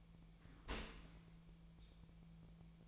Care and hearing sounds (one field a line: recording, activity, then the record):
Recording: daily activity, microphone in the room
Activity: open dishwasher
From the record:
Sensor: 1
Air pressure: 1000.5 hPa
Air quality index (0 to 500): 183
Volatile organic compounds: 4 ppm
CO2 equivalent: 1683 ppm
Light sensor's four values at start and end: 12/29/12/14 and 12/29/12/14